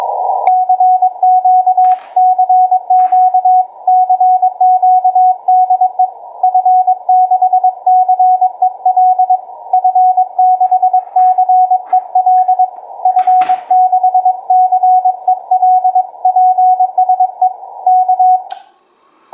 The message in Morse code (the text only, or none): CQ CQ CQ DE F6CEL F6CEL F6CEL PSE K